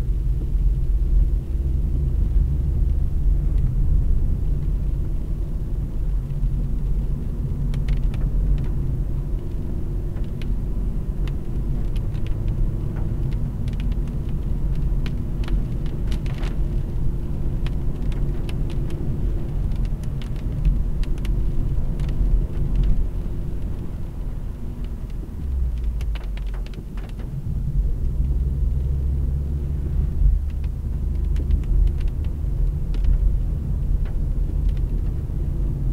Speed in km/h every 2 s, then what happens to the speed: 40, 41, 47, 46, 48, 49, 54, 55, 59, 60, 59, 59, 59, 54, 54, 47, 41, 48.
0-17 speeds up to 60. 17-28 steady at about 59. 28-32 slows to 41. 32-36 speeds up to 48.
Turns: 31-36.